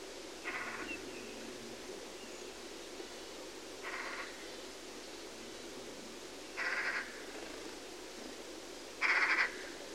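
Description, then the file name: Eurasian magpie uttering four short grating calls at irregular intervals over a steady low background hum. "Pica pica"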